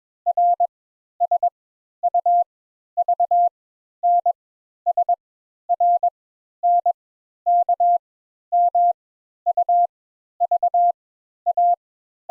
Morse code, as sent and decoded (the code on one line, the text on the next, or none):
.-. / ... / ..- / ...- / -. / ... / .-. / -. / -.- / -- / ..- / ...- / .-
R S U V N S R N K M U V A